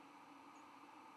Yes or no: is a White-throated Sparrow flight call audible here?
no